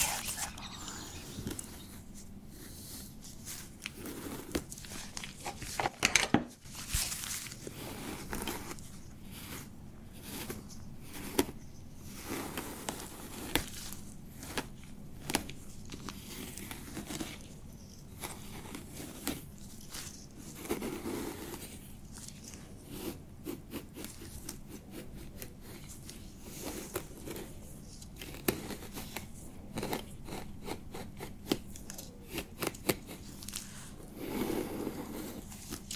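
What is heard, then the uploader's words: Beard treatment: dense, scratchy rubbing and crackling run through the whole clip, with quick irregular bursts of bristly friction over a low, steady rumble. A sharp, louder knock stands out around six seconds, and the scratching swells a few times later on. ASMR Relaxing Beard Treatment [NO TALKING].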